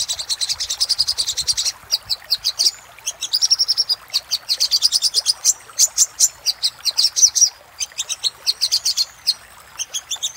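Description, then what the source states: Little spiderhunter song: rapid high chattering runs and sharp repeated chips in bursts with brief pauses between them. Master recording used for training cage birds; 'Labaik' type of little spiderhunter song.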